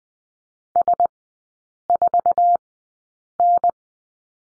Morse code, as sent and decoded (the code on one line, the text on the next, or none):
... ....- -.
S4N